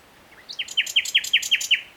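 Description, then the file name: Common nightingale phrase: a quick run of about seven loud, down-slurred chirping notes, evenly spaced and fairly high, following a brief softer introductory note. "Luscinia megarhynchos"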